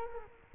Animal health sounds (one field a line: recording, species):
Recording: mosquito wingbeat signal from an infrared sensor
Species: Culex quinquefasciatus